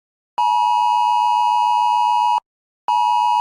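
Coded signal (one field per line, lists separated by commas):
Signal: Emergency Alert System (SAME) tones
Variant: 853 and 960 Hz attention tone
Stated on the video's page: Scenario (simulated) EAS alert.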